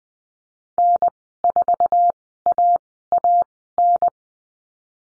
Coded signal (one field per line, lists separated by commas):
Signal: Morse code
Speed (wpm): 20 wpm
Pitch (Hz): 700 Hz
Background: none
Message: N4AAN